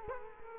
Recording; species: mosquito wingbeat signal from an infrared sensor; Culex quinquefasciatus